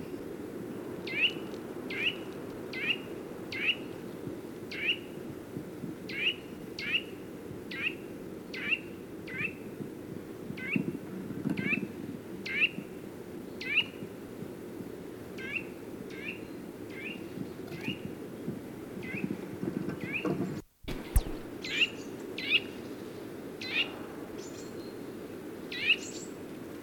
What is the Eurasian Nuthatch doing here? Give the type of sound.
call